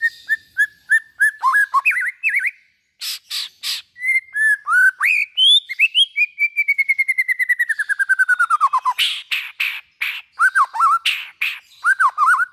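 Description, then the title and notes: White-rumped shama song mixing spaced whistles, harsh noisy bursts and a fast run of repeated notes that slides downward, ending in rising slurs. Used as a lure for trapping. "Pikat Murai Batu. Burung Murai Batu"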